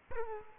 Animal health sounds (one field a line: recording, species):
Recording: mosquito wingbeat signal from an infrared sensor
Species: Culex quinquefasciatus